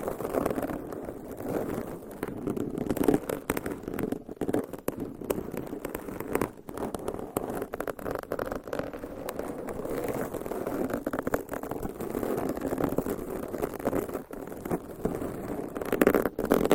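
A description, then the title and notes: Continuous scratching and rubbing on a microphone, dense and rustling in the low and middle range, with a few sharper taps near the end. ASMR Binaural Dummy Head Mic Scratching , Massage & Tapping Hypnotic Asmr No Talking.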